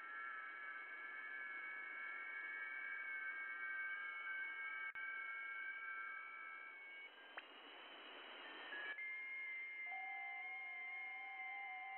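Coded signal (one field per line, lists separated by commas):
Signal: FT8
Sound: several faint steady warbling tones at once over hiss, a brief burst of noise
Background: radio static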